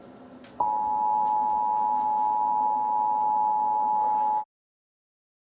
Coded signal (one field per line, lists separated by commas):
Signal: Emergency Alert System (SAME) tones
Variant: 853 and 960 Hz attention tone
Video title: A Monster returns EAS scenario ￼